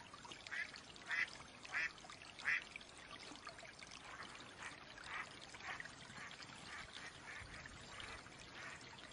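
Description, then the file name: Mallard quacks, four clear nasal calls in the first three seconds, then a run of fainter, softer quacks over a steady background hiss. Female mallard (hen) quacking. "Mallard duck quacking call sounds Female Hen"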